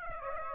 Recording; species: mosquito wingbeat signal from an infrared sensor; Aedes aegypti